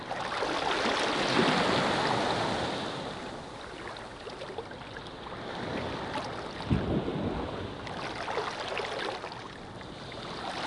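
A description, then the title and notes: Ocean waves wash in with a continuous hiss, swelling loudest in the first few seconds and again softly later. A sharper splash breaks near the seven-second mark, and a low rumble runs underneath throughout. Ocean Waves. The shores of Maunday's Bay on the Caribbean island of Anguilla. A sliver of pristine white sand. The tranquil sounds of Maunday's Bay.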